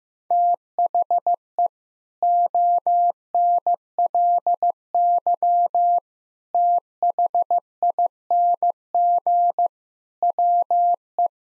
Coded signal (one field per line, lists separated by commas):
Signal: Morse code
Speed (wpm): 16 wpm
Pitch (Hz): 700 Hz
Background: none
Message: THE ONLY THING WE